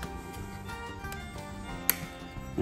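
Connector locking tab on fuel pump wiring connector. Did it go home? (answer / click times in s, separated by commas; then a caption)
yes / 1.9 s. A plastic locking tab on a fuel pump wiring connector is pushed down to lock the electrical connector in place. Over steady background music, a single sharp click sounds at 1.9 s as the tab snaps shut and the connector is seated.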